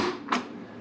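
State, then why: Seated. The spring-loaded bottom platform of a Boxxle boxed-wine dispenser is pushed down into the housing until it latches, with a sharp click at 0.3 s. It locks into place, ready to accept a bag of wine, and takes fairly stiff pressure to push down.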